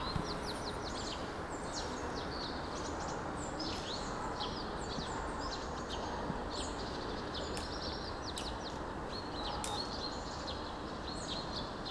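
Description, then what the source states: Birds chirping: many short high tweets and quick trills overlapping throughout, over a constant loud background hiss. Birds chirping among bush-overgrown remains of buildings, vulytsia Shmidta 20, Kostiantynivka, Donetsk Oblast, Ukraine; recorded on a Zoom H2n.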